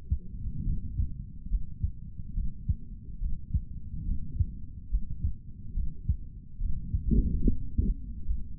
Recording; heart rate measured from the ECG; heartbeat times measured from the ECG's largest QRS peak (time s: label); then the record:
heart sounds by stethoscope; 71 bpm
0.64 s: heartbeat
1.49 s: heartbeat
2.34 s: heartbeat
3.19 s: heartbeat
4.05 s: heartbeat
4.90 s: heartbeat
5.74 s: heartbeat
6.59 s: heartbeat
7.44 s: heartbeat
8.26 s: heartbeat
From the record:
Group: healthy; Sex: male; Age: 55 years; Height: 167 cm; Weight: 57.2 kg